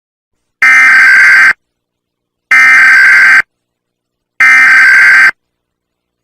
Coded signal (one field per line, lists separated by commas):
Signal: Emergency Alert System (SAME) tones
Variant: header bursts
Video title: ⚠️Barbados EAS alarm (MEGA HURRICANE)⚠️